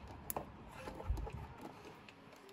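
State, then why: Seated. A wire tap connector lock on the lighting wiring for an LED light install in a 2021 Jimny is closed over its pin and clicks shut at 0.3 s, followed by a second, softer tick just after. A faint tick comes near 2.1 s over low background noise. The lock is seated, with its side hinges going flat to show it is sealed and locked in place.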